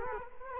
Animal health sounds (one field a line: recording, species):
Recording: mosquito wingbeat signal from an infrared sensor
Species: Culex quinquefasciatus